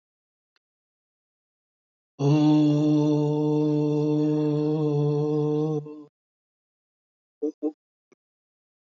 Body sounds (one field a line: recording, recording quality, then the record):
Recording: sustained vowel as in boot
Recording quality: excellent, no background noise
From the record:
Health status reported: healthy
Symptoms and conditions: none ticked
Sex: male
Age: 70 years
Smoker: not ticked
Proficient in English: yes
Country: India